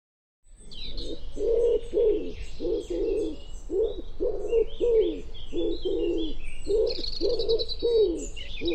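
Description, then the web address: Bird keeps up a long run of low, hoarse coos, some paired, with busy high chirps and short trills from other birds. "cianscape birddata Deverinetal 2025 Bird Co Pa Co Pa"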